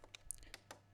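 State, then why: Seated. The camera cable plug of a Bambu Lab A1 Combo 3D printer is pushed into its socket on the printer board, after the cables are routed through their channel and the yellow connector is plugged in. Several light clicks and taps are heard, the sharpest at 0.3 s. The camera cable connector seats with a click.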